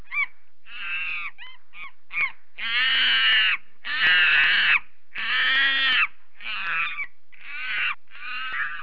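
Monkey calls: a rapid run of short harsh yelps, then long, loud, raspy screeching calls, repeated with brief gaps.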